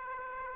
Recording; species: mosquito wingbeat signal from an infrared sensor; Aedes aegypti